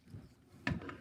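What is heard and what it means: The plastic crotch/waist piece of a Studio Series 66 Leader Class Overload transforming robot toy is pushed back all the way into the leg assembly. A sharp plastic click at 0.7 s is followed by a couple of softer ticks. The waist joint is seated and locked into place.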